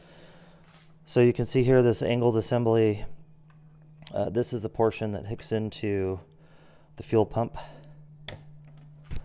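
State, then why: Seated. Someone talks over a steady low hum, then an angled fuel pressure gauge adapter is pushed onto the fuel pump outlet of a Honda EU7000is generator during a fuel pump replacement. It snaps home with one sharp, loud click at 8.3 s, followed by a few faint small knocks, and the fitting is seated.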